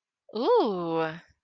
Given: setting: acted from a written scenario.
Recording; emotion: vocal sound without words; interest